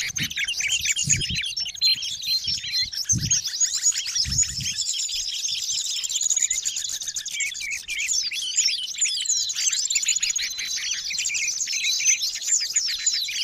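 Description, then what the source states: Birds in a crowded chorus of shrill chirps and trills, constant throughout, with a few low thuds in the opening seconds. Noisy birds, used as a lure to attract wild birds.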